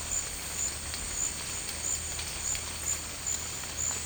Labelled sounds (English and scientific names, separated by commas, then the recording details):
none
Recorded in secondary vegetation near Puerto Asís, Putumayo, Colombia, on 21 March 2025 at 14:30
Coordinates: 0.502, -76.326
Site G100